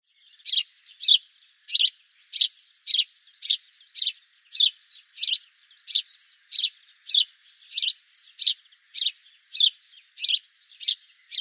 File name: Passer domesticus